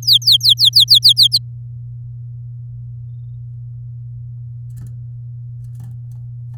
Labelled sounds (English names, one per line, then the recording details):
Domestic Canary song
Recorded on 8 May 2018 at 16:08
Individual llb16